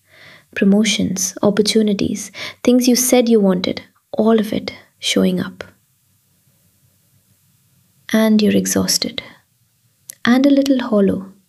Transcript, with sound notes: Promotions, opportunities, things you said you wanted — all of it, showing up. [pause] And you're exhausted. And a little hollow.